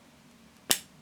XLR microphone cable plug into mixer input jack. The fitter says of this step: You push it in there until you hear it click.